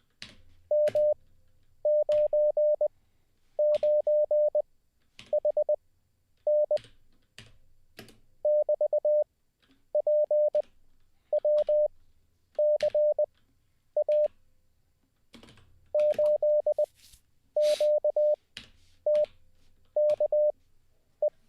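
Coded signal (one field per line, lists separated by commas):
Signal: Morse code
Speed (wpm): 20 wpm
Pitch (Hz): 600 Hz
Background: none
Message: M99HN <BT>PWCA 8QTKE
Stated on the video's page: Morse practice sent live as part of a daily ten-minute CW learning session.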